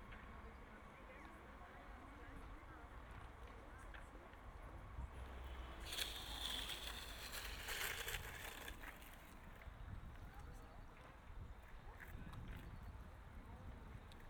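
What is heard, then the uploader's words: Voices drift through a park in a steady, fairly dense murmur, with a low rumble running underneath. Around the sixth to ninth second a louder, brighter rushing swells and fades, with a brief high squeak near its start, before the chatter settles again. Park am Gleisdreieck. Situated next to the heavily serviced train line between Berlin and Leipzig there exists a park full of playing children, rollerbladers, joggers and lovers.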